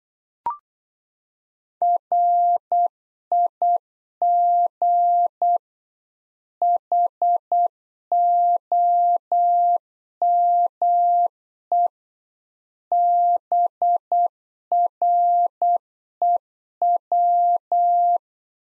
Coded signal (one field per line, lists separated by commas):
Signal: Morse code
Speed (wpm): 8 wpm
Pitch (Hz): 700 Hz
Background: none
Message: RIG HOME BREW